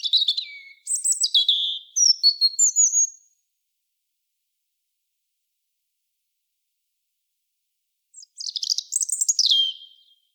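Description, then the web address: European robin song with high, thin whistles and rapid jangling notes in a burst, a long silent gap, then one more bright twittering phrase. "SETE Erithacus rubecula"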